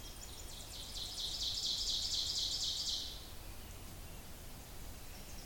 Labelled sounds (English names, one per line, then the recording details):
Ovenbird song
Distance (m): 55 m
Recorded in boreal forest in Alberta, Canada, on 26 May 2016 at 06:45
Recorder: SongMeter 3, array SBT-3-15
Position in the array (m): 29 m, 239 m
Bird 20